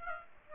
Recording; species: mosquito wingbeat signal from an infrared sensor; Aedes aegypti